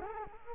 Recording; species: mosquito wingbeat signal from an infrared sensor; Culex quinquefasciatus